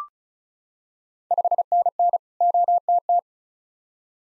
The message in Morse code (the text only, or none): 5NN OTT